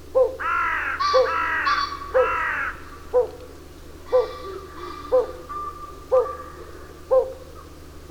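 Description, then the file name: Pallid scops owl giving low hollow notes about once a second, overlapped early on by loud harsh cawing calls from another bird, with more harsh calls midway. Recorded at Takhirkol on 13 April 2011. "110413 pallscoowl takhirkol"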